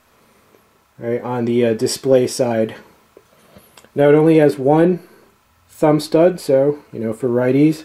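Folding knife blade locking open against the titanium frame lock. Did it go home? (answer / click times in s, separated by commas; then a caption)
no / none. Someone talks while handling a Bradley Alias I folding knife with a titanium frame lock, a textured G10 side and an S30V blade with a single thumb stud. Two faint, brief handling ticks come at about 3.2 s and 3.8 s between the speech. The blade has not yet been flicked open, and nothing has clicked into the frame lock yet.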